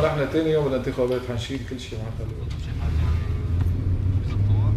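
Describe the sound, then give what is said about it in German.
A car engine hums steadily while driving to a member of parliament, a low rumble that grows slightly louder toward the end, with voices talking over it during the first couple of seconds. “Zurück im Auto auf der Fahrt zum Abgeordneten Hashim Alameddin”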